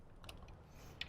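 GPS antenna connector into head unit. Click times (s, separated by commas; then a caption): 1.0 s. A keyed GPS antenna plug is lined up and pushed into a Soundstream V2 head unit for a 2014+ Harley-Davidson Touring, going in just below the USB plug. Faint handling ticks at about 0.2 to 0.3 seconds are followed by a sharp click at 1.0 seconds as the connector seats.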